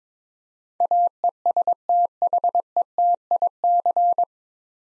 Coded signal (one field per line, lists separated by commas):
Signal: Morse code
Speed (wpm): 21 wpm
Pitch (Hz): 700 Hz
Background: none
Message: AESTHETIC